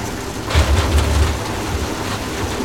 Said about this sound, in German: Ja, das ist ein Betonmischer.